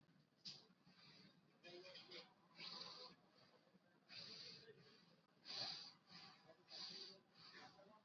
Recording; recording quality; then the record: shallow breathing; moderate, slight background noise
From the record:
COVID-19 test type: RT-PCR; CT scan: not taken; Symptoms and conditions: none ticked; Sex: male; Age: 19 years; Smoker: no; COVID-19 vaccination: both doses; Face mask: worn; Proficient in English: yes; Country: India